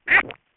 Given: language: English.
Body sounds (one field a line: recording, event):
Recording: throat vibration sensor signal played as sound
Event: swallow